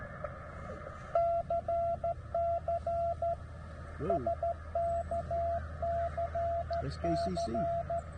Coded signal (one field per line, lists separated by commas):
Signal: Morse code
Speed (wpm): 13 wpm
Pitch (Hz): 680 Hz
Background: speech, radio noise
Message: CC SKCC